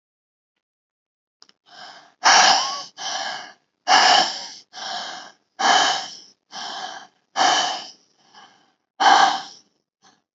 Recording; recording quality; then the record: deep breathing; excellent, no background noise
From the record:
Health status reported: healthy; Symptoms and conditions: none ticked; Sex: female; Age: 27 years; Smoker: not ticked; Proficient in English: yes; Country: India